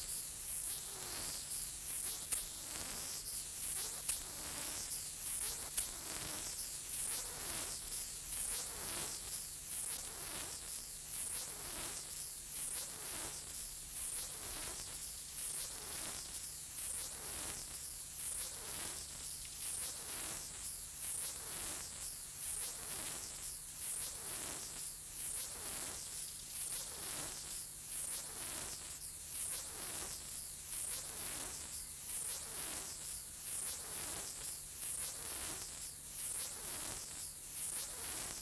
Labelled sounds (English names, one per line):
Stripe-winged Grasshopper stridulation